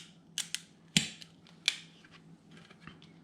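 An anti-fog plastic insert is handled against a motorcycle helmet visor, with a lifted edge being pushed down between the visor's pins. Several sharp plastic snaps and taps are heard, with the loudest at about 1.0 s and 1.7 s, over a low steady hum. The insert has not seated or clicked into place yet.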